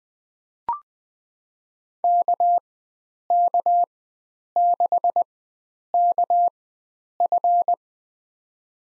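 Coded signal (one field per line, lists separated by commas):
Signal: Morse code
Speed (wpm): 20 wpm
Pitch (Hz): 700 Hz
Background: none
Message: KK6KF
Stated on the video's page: Farnsworth drill of five-character USA call signs at 20 wpm with 4x character spacing, each sent in Morse, spoken, then sent again.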